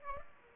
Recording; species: mosquito wingbeat signal from an infrared sensor; Aedes aegypti